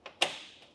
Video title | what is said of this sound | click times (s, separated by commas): etrailer - Thule Verse 2 Bike Rack Test Fit - 2024 GMC Terrain | until you hear it snap into place, and now you're ready to go back down the road. | 0.2 s